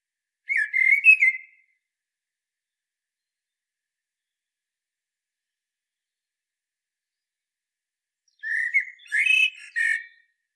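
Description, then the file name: Common blackbird giving two short fluty phrases, each with a thin squeaky twitter, separated by a long silence. "Turdus merula"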